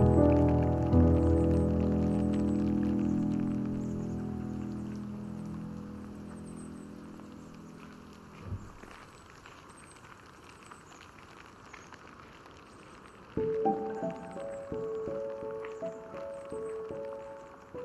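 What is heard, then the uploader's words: Rain drips patter lightly while a low droning hum fades out, a thump lands near eight seconds, and a steady tone enters later. Hike out to Cascade Head on the Oregon Coast on a rainy early Spring morning.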